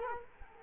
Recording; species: mosquito wingbeat signal from an infrared sensor; Culex quinquefasciatus